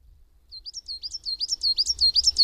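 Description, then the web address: Coal tit song: quick high double notes repeated in an even run that grows louder over two seconds. "agykontroll Madardalok Cd 1. Fenyves cinege"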